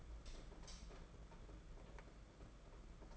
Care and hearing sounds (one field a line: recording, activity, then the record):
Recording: daily activity, microphone in the room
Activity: light on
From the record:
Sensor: 5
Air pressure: 992.1 hPa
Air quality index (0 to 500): 202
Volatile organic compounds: 1000 ppm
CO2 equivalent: 5825 ppm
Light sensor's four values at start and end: 8/19/7/8 and 8/21/8/9